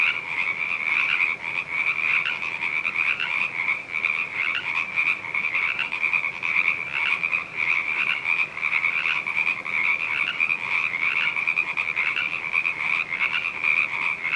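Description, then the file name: Many frogs croaking at once, a thick, even chorus of fast pulsed calls running without pause. "frogchorus"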